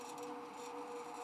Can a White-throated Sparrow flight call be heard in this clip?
no